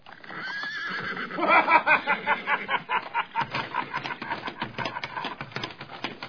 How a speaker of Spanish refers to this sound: No pocos hombres sintieron que su cuerpo se estremecía. Y les corría un sudor frío al escuchar el relincho del caballo blanco y la carcajada franca de Nahum Briones.